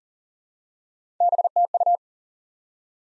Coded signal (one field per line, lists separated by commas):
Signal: Morse code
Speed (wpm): 39 wpm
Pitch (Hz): 700 Hz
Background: none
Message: BTU